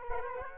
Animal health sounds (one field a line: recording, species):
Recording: mosquito wingbeat signal from an infrared sensor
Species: Culex quinquefasciatus